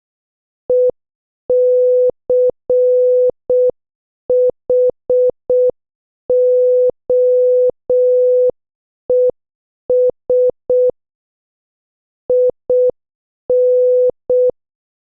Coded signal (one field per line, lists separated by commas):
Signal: Morse code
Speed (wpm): 6 wpm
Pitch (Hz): 500 Hz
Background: none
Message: ECHOES IN